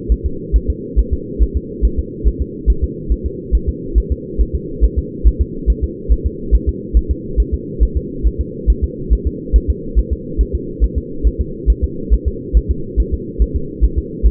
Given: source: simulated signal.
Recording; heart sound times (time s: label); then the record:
fetal heart sounds
0.12 s: S1
0.26 s: S2
0.56 s: S1
0.70 s: S2
0.99 s: S1
1.14 s: S2
1.43 s: S1
1.57 s: S2
1.85 s: S1
1.99 s: S2
2.28 s: S1
2.42 s: S2
2.70 s: S1
2.84 s: S2
3.12 s: S1
3.26 s: S2
3.55 s: S1
3.69 s: S2
3.98 s: S1
4.12 s: S2
4.41 s: S1
4.55 s: S2
4.85 s: S1
4.99 s: S2
5.27 s: S1
5.42 s: S2
5.70 s: S1
5.84 s: S2
6.12 s: S1
6.26 s: S2
6.55 s: S1
6.69 s: S2
6.97 s: S1
7.11 s: S2
7.40 s: S1
7.54 s: S2
7.83 s: S1
7.97 s: S2
8.27 s: S1
8.41 s: S2
8.70 s: S1
8.84 s: S2
9.13 s: S1
9.27 s: S2
9.56 s: S1
9.70 s: S2
9.99 s: S1
10.13 s: S2
10.41 s: S1
10.55 s: S2
10.84 s: S1
10.98 s: S2
11.27 s: S1
11.41 s: S2
11.70 s: S1
11.84 s: S2
12.14 s: S1
12.28 s: S2
12.57 s: S1
12.71 s: S2
13.00 s: S1
13.14 s: S2
13.42 s: S1
13.56 s: S2
13.84 s: S1
13.99 s: S2
14.27 s: S1
From the record:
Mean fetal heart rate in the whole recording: 140 bpm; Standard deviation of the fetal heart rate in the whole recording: 2 bpm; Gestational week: 34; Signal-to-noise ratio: -4.3 dB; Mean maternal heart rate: 72 bpm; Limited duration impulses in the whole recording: absent